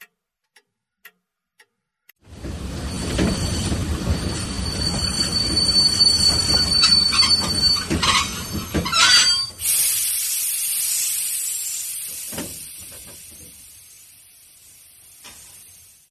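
A few sharp ticks, then a train rolls in with heavy rumbling and metallic clanking, shrill wheel squeal rising as it brakes to a stop at Tungus station before the noise gradually dies away. No voices.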